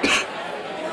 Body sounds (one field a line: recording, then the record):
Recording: coughing mixed with background sound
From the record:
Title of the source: 64 coughing, allergies, singing lungs